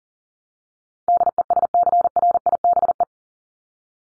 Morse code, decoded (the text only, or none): DESCRIBE